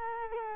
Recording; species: mosquito wingbeat signal from an infrared sensor; Culex quinquefasciatus